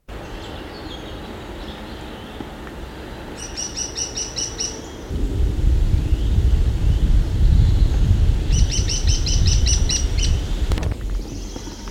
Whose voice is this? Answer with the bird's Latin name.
Dendrocopos minor